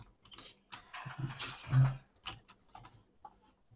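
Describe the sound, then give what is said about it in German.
Irregular bursts of computer keyboard typing mixed with sharp mouse clicks as someone browses a web forum, a quick uneven patter of light taps that swells briefly in the middle, with no one speaking. “Ach, dieses Forum, ich klicke immer auf den Benutzer statt auf den.”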